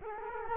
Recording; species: mosquito wingbeat signal from an infrared sensor; Culex quinquefasciatus